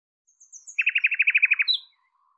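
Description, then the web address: Bird trill: a few faint high notes, then a fast, even series of many buzzy pulses, closing with a single higher chirp. "cianscape birddata Deverinetal 2025"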